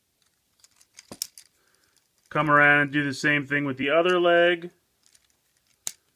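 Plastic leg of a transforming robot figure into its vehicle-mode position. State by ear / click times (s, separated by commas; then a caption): seated / 5.9 s. Someone handles a plastic Transformers 4 Deluxe High Octane Bumblebee figure, making light plastic clicks and taps, then talks while folding the figure's second leg around into its vehicle-mode position. After more small handling ticks, the leg is pushed in and snaps into place with a sharp click at 5.9 s, seated.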